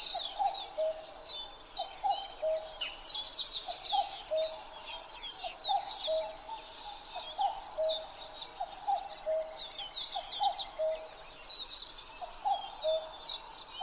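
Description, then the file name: Common cuckoo singing a long string of paired notes, each dropping in pitch, with many other birds chirping and trilling in the background. Recorded 12 June 2011 at 03:53. "kakkou-20110612-0353"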